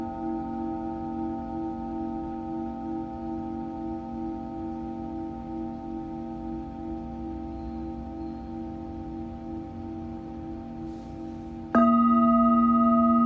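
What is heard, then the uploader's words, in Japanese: A singing bowl rings on in a long, steady drone, its layered tones holding evenly and slowly fading for about twelve seconds. Near the end the bowl is struck again, and a louder, brighter ring swells and sustains through the final second. Singing Bowl のサウンドヒーリング。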